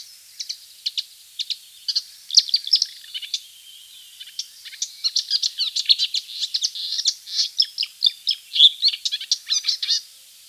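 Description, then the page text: Marsh warbler song, a fast chattering stream of varied high chirps, trills and buzzy notes, halting briefly then resuming livelier, with no other sounds. "Marsh Warbler Song. Quick Sounds"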